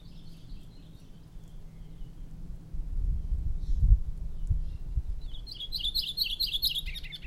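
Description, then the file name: Maui parrotbill call: faint high notes early on, some low thumping in the middle, then a loud fast string of bright, slurred notes near the end. "Maui Parrotbill Pseudonestor xanthophrys"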